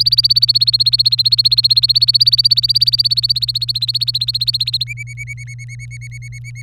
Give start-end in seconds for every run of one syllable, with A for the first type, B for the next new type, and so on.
0.00-4.84 A, 4.87-6.62 B